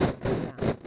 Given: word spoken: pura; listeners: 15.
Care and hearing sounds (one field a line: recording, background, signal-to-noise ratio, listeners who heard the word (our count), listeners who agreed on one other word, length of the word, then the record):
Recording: one Spanish word in noise, from a listening test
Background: noise modulated by one talker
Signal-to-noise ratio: -9.5 dB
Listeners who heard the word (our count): 0 of 15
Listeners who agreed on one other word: 6 of 15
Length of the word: 0.47 s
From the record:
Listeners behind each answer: 6, 2, 1, 1, 1, 1, 1, 1, 1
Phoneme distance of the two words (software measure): 17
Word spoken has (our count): 2 syllables, 4 phonemes, stress on syllable 1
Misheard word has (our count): 2 syllables, 3 phonemes, stress on syllable 1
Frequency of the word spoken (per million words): 41.39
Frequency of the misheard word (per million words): 8833.36